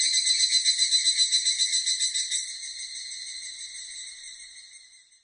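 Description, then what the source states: Evening cicada call: loud, regular metallic pulses for about two seconds, then the sound softens into a smoother, fading trill that dies away at the end. Recorded on 16 July 1997.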